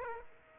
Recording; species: mosquito wingbeat signal from an infrared sensor; Aedes aegypti